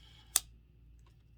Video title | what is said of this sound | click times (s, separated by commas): Case Smooth Black Micarta Trapper - Unboxing and First Thoughts | let's open it up hear that snap good walk and talk | 0.4 s